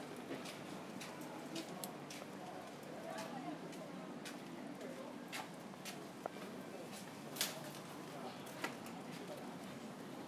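A walk down Jiang Ning Lu, with a steady murmur of voices and street noise filling the whole clip. Sharp clicks and knocks, like footsteps or hooves, punctuate it every second or so, with a louder knock near seven and a half seconds.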